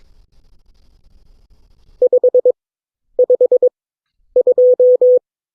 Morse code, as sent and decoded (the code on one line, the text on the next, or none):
..... ..... ..---
552